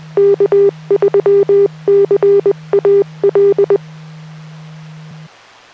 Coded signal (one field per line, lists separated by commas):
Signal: Morse code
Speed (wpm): 20 wpm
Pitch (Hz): 400 Hz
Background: none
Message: K3CAL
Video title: K3CAL Calvert Radio Association (CARA) Weekly Net on VHF, 5/27/24